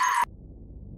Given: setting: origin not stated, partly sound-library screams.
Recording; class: one-second piece from a danger detection set; woman in danger